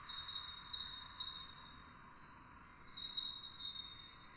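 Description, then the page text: Tit song of fast, high, sweet chirps running in a lively twitter that fades, then briefly picks up again near the end. "Звуки синицы"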